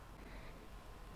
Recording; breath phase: one breath near a microphone; inhalation